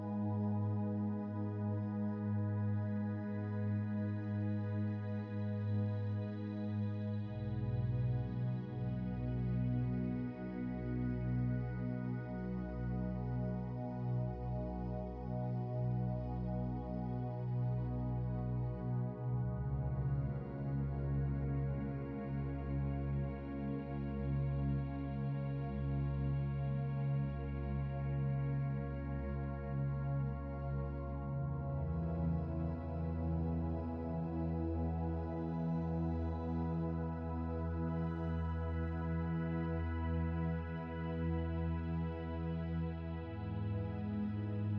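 Slow meditation music with sustained, layered chords over a soft, pulsing low drone. The harmony shifts gently around 8, 20 and 32 seconds, while the level stays steady throughout, with warm bass and a mellow, not very bright upper range.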